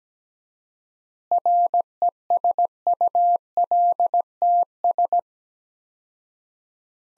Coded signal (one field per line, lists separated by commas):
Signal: Morse code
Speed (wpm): 17 wpm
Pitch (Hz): 700 Hz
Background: none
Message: RESULTS